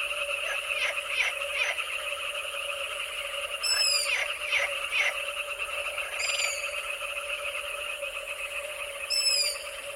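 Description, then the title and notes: Frogs croaking in a dense chorus, with bursts of pulsed croaks over a steady trilling drone of insects, and a few high descending wails. Midnight on a summer night in the Danube Delta, before moonrise; frog calls amid insect calls. "Danube Delta - Summer Night - Jackals And Frogs. Midnight in the Danube Delta. The moon hasn't risen yet but the jackals start howling, adding to the eerie mix of frog and insect calls"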